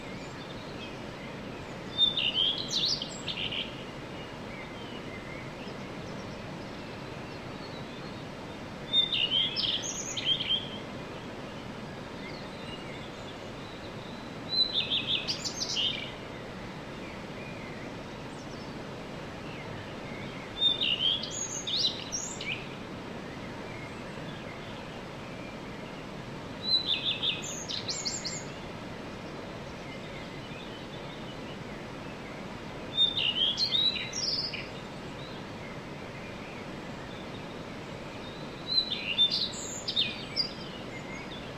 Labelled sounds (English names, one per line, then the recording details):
Common Redstart
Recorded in the wild
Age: adult
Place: Untertweng, AT
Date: 1968-04-14
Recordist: Brunner, Thomas